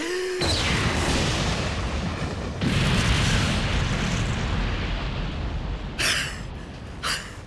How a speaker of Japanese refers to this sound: こうなったら破れかぶれだ。3音5音7音と集いて踊れ広域雷撃超広域雷撃極大雷撃殲滅じゃ。